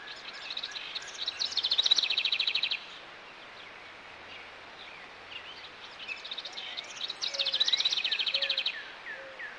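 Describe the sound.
Bird song: two bursts of rapid high trills about six seconds apart, with scattered thin chirps and a few soft, lower whistled notes.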